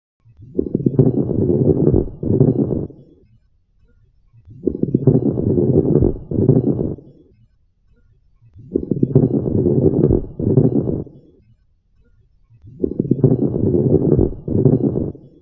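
Coarse crackles heard over adult lungs through a stethoscope, recurring with each of four breaths.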